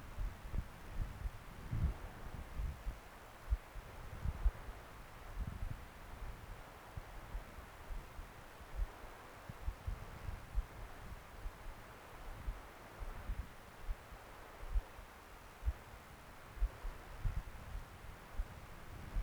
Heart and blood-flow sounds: Doppler ultrasound of blood flow; right subclavian vein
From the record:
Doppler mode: continuous wave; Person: adult scuba diver, at rest before a dive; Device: O'Dive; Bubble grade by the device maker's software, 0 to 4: impossible

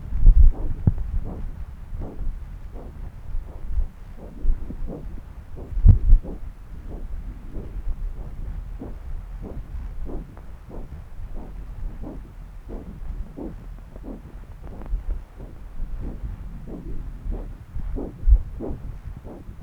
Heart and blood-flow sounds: Doppler ultrasound of blood flow; right subclavian vein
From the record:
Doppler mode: continuous wave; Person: adult scuba diver, at rest before a dive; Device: O'Dive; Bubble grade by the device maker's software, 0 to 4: 0

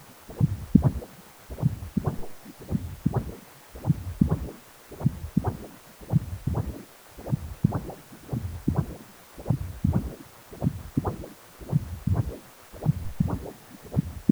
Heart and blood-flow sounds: Doppler ultrasound of blood flow; precordium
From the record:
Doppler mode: continuous wave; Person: healthy adult, 18 to 50 years, no heart murmur, not diving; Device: 2.5 MHz transducer

